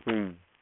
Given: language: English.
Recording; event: throat vibration sensor signal played as sound; speech